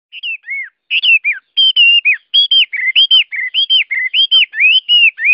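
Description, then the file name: Chinese hwamei song: a steady stream of loud, looping whistled notes that rise and fall, repeated rapidly with barely any pause. Song in the 'forest voice' (giọng rừng) style. "Tieng hoa mi hot giong rung"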